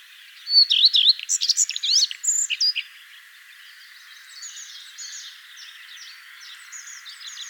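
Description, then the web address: Common redstart song: a loud, fast run of varied chirps and twitters lasting about two seconds, followed by faint high chatter. "vogelstimmen gartenrotschwanz gesang nabu lars lachmann"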